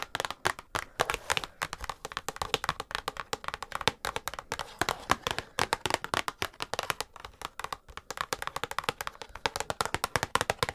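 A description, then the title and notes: Rapid, dense tapping and scratching, crisp irregular clicks running steadily for the whole stretch with brief pauses. FAST TRIGGERS For Intense Tingles (Tapping, Scratching & NO Talking).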